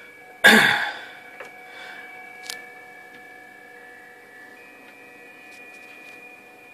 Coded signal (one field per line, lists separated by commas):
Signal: PSK31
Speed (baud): 31.25 baud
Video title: Psk 31 on 28.120 mhz 0.4 watts higher quality